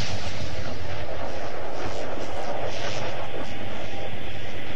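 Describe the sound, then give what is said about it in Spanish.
A loud, continuous roar of aircraft engines fills the scene, with rumbling bursts of heavy fire and explosive crackle layered through it, dense and chaotic without any clear pause, as the last two airplanes are shot down in El Eternauta. “A los 2 últimos aviones también les llega la destrucción inexorable. Son derribados con espantosa facilidad.”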